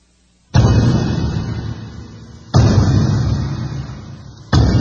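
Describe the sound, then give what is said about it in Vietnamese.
A deep war drum is beaten three rounds as a troop of young soldiers sets off on the march. It booms three times at steady intervals of about two seconds, each loud strike ringing out and slowly fading, with no voices. “Trống giống 3 hồi rồi tốp lính trai tráng ấy kẻ xách roi trường, người dắt mắt thông kéo nhau mà đi trước, kiệu của quan bố đi theo sau.”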